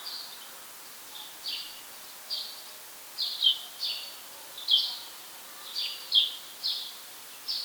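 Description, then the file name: House sparrow chirp calls, short bright notes repeated at irregular intervals under a second apart, some doubled, in a quiet background. "Passer domesticus"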